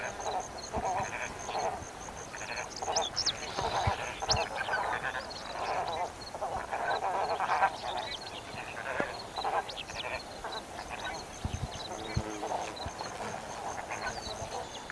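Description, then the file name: Chilean flamingo calls: many birds overlapping in a steady chorus of nasal, goose-like honks and grunts, with scattered higher squeaky notes. "Golosa ptic - CHilijskij flamingo Phoenicopterus chilensis"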